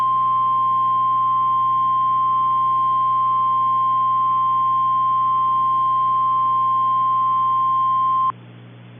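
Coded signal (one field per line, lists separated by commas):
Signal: Emergency Alert System (SAME) tones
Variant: 1050 Hz attention tone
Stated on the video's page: Mock hurricane EAS alert for an alternate-timeline 2018 storm; fictional, not real.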